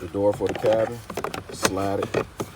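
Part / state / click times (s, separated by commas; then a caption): cabin filter cover door into the glovebox-area filter housing / not seated / none. A plastic cabin filter access door for a 2008 Mazda is slid into place over the filter housing in the glovebox area while someone talks. Nothing has seated or clicked yet; the door is still being handled and is not yet locked home.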